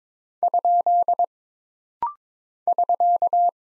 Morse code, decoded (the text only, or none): ? <SK>